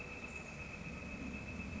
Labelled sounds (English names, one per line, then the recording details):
Northern Flicker
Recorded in Sonoma County, California